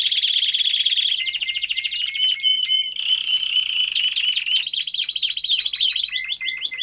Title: Canary Training Esquente Seu Filhote E Canario Belga Em 30 Minutos Macho Cantando Muito